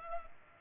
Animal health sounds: mosquito wingbeat signal from an infrared sensor; Culex pipiens

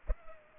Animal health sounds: mosquito wingbeat signal from an infrared sensor; Culex pipiens

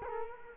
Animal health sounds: mosquito wingbeat signal from an infrared sensor; Culex quinquefasciatus

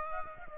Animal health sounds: mosquito wingbeat signal from an infrared sensor; Aedes aegypti

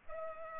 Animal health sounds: mosquito wingbeat signal from an infrared sensor; Culex pipiens

